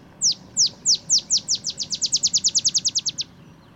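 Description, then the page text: Olive sparrow song of crisp descending chips, spaced at first and then quickening into a fast trill of around twenty notes, with faint background noise. Male olive sparrow singing early morning in Texas, 50 miles north of the Mexican border; simple songs recall a field sparrow's bouncing-ball song, though less mellow and melancholy. "songs Olive Sparrow. Recording early morning just 50 miles north of the Mexican border in Texas. Birdsong for the Curious Naturalist"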